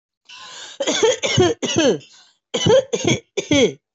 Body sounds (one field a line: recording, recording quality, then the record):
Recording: heavy voluntary cough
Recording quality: excellent, no background noise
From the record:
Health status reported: healthy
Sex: female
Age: 40 years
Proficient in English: yes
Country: India